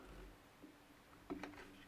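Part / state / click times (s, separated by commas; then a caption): GPS module out of drone body mount / released / 1.3 s, 1.4 s. The old GPS module of a Mavic Pro 1 drone is pried a little to the left until it pops free of its clipped mount in the drone body. Two sharp clicks sound at 1.3 s and 1.4 s over a quiet background as the module snaps out. The module is released and comes out of the mount.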